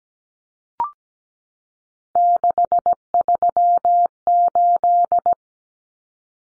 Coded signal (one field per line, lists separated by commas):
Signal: Morse code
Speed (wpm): 17 wpm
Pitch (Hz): 700 Hz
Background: none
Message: 638